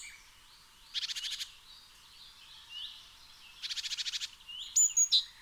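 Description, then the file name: Eurasian blue tit with two harsh, rapid churring bursts a few seconds apart, soft warbling behind, then sharp high chirps near the end. "Cyanistes caeruleus"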